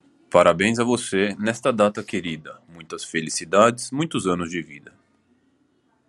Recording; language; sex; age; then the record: short text; Brazilian Portuguese; male; 30 to 39 years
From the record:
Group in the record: control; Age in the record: 38 years